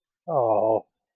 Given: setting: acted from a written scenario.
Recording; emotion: vocal sound without words; sympathy